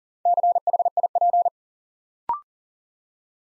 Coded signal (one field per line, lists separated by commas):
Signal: Morse code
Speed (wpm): 42 wpm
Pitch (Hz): 700 Hz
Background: none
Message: CHIP